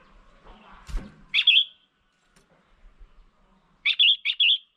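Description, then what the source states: Red-whiskered bulbul calls: one bright chirping note, then a quick burst of three similar notes after a pause, over faint low rustling. Female.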